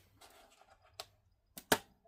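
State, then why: Seated. The speaker cable plug is lined up and pushed down into its board socket inside an Acer Predator XB271HU bmiprz 27" LCD monitor during a repair of its loose, wobbly power plug port. Faint handling rustle gives way to sharp clicks at 1.0, 1.6 and 1.7 seconds, the last one loudest. The connector clicks in and is seated.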